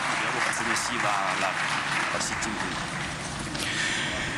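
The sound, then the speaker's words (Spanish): Sustained audience applause at a ceremony for the People's Republic of China and the Bolivarian Republic of Venezuela, marking cooperation on remote sensing, cartography and aerospace industry: a dense crackle of many hands clapping at steady loudness for several seconds, with a murmur of voices mixed underneath. “Fuerte el aplauso a nuestros hermanos de la República Popular China y la República Bolivariana de Venezuela.”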